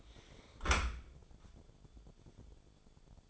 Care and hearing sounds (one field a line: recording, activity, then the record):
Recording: daily activity, microphone in the room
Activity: close dishwasher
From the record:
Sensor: 5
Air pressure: 1015.0 hPa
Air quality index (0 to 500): 111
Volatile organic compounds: 2 ppm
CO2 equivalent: 1192 ppm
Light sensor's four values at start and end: 34/79/32/32 and 35/80/32/32